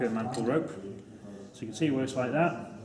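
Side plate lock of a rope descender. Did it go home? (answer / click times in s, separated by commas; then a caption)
no / none. The side plate lock of a D4 work and rescue rope descender is handled while the side plate is being closed after the rope is loaded, as someone talks throughout. The plate has not clicked or seated yet by the end of the clip.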